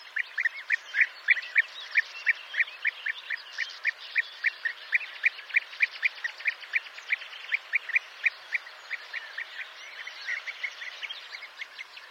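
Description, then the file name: European bee-eaters giving a steady stream of short calls, about three a second. "Guepier d Europe"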